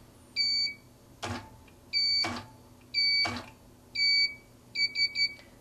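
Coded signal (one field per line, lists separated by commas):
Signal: beep code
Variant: IntelliStitch stitch regulator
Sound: four separate high beeps between mechanical whooshes, then three quick short beeps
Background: machine clunks and whirring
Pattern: 4 long, 3 short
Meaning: Three beeps mean the auto adjustment has finished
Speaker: three beeps tell me it's finished so it has readjusted itself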